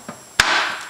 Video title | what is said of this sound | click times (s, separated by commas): Puutty Power review of the Drinkwell Platinum pet fountain and Cleaning Kit | what's really great about it is that it snaps on | 0.4 s